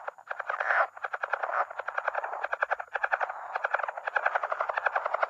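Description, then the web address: Lowland leopard frog producing continuous clucking pulse series, quick rattles running into one another with short pauses between bursts. North America. "Songs of Frogs Toads of North America. Lowland Leopard Frog"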